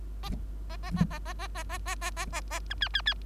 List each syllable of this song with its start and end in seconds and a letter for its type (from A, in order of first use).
0.69-0.77 A, 0.83-0.91 A, 0.96-1.04 A, 1.10-1.19 A, 1.25-1.33 A, 1.39-1.48 A, 1.55-1.63 A, 1.69-1.78 A, 1.86-1.95 A, 2.01-2.11 A, 2.16-2.26 A, 2.33-2.41 A, 2.50-2.60 A, 2.70-2.74 B, 2.81-2.88 C, 2.93-3.02 C, 3.06-3.14 C